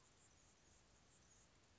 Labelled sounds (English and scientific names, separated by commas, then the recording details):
Anna's Hummingbird (Calypte anna)
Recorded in Sonoma County, California